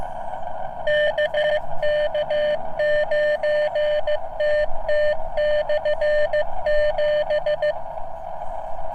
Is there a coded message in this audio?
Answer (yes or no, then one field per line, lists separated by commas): yes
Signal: Morse code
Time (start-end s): 0.9-7.7 s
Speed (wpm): 15 wpm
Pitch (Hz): 600 Hz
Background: none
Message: KK9TT/7